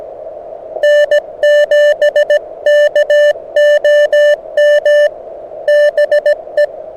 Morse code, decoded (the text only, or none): N7KOM BE